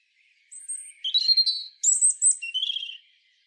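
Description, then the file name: European robin song phrase: a thin high whistle, a wavering lower trill, then a bright descending sweep and a lower closing note, all within three seconds. "Erithacus rubecula"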